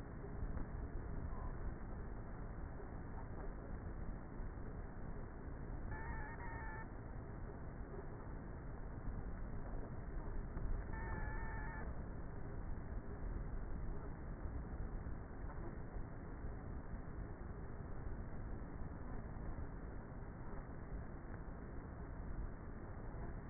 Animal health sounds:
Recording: honeybee colony, microphone inside the hive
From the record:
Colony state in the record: queenless with a low population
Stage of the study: before two queens were removed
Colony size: about 30,000 bees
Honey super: no

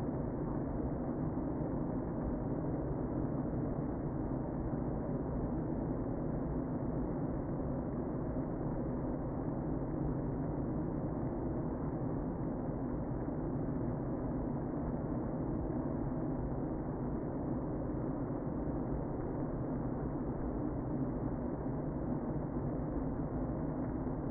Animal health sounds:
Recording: honeybee colony, microphone inside the hive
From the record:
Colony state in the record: queen present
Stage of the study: before two queens were removed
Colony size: about 60,000 bees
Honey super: yes

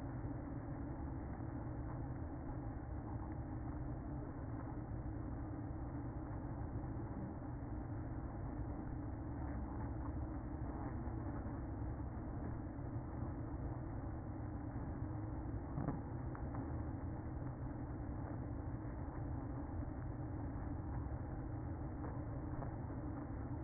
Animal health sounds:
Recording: honeybee colony, microphone inside the hive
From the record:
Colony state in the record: queen present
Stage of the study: after two queens were removed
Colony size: about 60,000 bees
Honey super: yes

